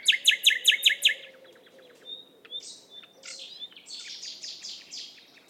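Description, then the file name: Common nightingale song opening with loud repeated sharp notes, then a thin whistle, scratchy buzzes and rapid chirping phrases over light background noise. "Luscinia megarhynchos"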